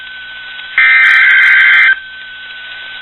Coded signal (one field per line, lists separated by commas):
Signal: Emergency Alert System (SAME) tones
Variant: header bursts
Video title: NOAA Weather Radio Weekly Tests & a bonus LAE (EAS #1071-#1081)